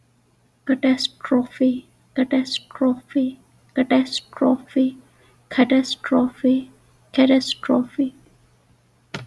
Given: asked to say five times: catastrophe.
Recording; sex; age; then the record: repeated word; female; 30 to 39 years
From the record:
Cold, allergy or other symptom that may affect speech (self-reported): no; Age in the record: 32 years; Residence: Texas, United States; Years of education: 18